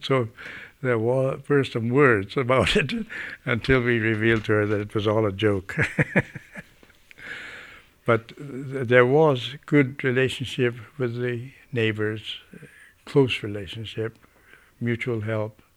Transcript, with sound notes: So there were first some words about it (he laughs) until we revealed to her that it was all a joke. (he laughs) But there was good relationship with the neighbors, close relationship, mutual help.